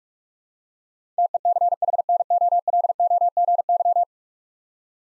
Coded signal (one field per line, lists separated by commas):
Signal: Morse code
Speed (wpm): 43 wpm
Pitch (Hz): 700 Hz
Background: none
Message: TECHNOLOGY